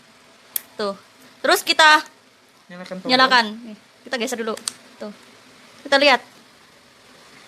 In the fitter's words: tuh kalau udah ada bunyi klik berat itu udah masuk udah pas satunya lagi tuh